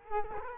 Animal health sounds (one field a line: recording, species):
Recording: mosquito wingbeat signal from an infrared sensor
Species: Culex quinquefasciatus